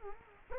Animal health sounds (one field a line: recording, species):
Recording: mosquito wingbeat signal from an infrared sensor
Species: Culex quinquefasciatus